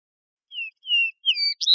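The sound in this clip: Vesper sparrow song beginning with two falling whistles, then higher slurred notes.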